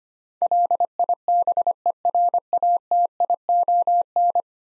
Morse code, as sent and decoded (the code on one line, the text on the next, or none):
.-.. .. -... . .-. .- - .. --- -.
LIBERATION